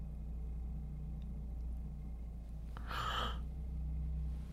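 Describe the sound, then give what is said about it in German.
A car engine idles in a closed garage, a steady low droning rumble throughout, broken briefly by a soft hissing burst midway. No one speaks. “Hör mal, da läuft immer noch der Motor.”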